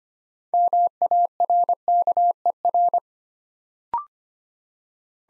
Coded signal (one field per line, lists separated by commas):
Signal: Morse code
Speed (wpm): 25 wpm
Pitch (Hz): 700 Hz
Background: none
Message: MARKER